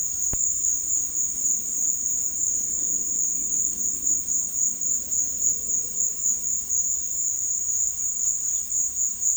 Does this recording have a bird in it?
no